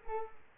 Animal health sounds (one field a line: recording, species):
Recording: mosquito wingbeat signal from an infrared sensor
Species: Culex quinquefasciatus